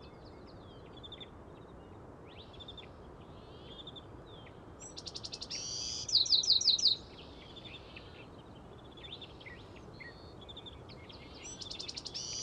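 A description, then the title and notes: Many small birds chirp and trill over a steady low hiss of wind and leaves. Calls overlap throughout, mostly high and quick, with a louder, brighter burst of rapid notes around six to seven seconds and another trill near the end. The Blue Oaks of Sequoia. The blue oak woodlands in Sequoia National Park in California. A multitude of creatures, great and small, amid the sonic grandeur of nature.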